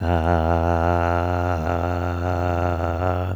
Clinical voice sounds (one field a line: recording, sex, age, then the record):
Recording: sustained vowel /a/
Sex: male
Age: 50 to 59 years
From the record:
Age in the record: 59 years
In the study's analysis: excluded